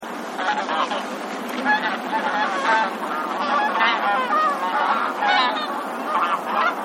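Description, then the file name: Bean goose calls: a dense flock honking continuously, many overlapping nasal calls forming a steady clamor. "hisikui"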